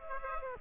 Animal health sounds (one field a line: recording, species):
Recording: mosquito wingbeat signal from an infrared sensor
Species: Culex pipiens